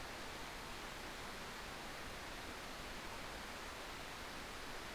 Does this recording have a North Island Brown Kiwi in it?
no